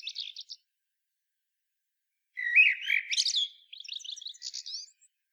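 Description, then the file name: Common blackbird gives a brief high squeak, then after a pause a rich warbled phrase and a trailing series of sharp high twittering notes. "Turdus merula"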